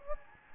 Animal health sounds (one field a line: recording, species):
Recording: mosquito wingbeat signal from an infrared sensor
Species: Anopheles gambiae